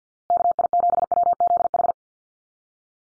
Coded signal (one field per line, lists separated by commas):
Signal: Morse code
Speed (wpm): 49 wpm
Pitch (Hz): 700 Hz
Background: none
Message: KI7WZH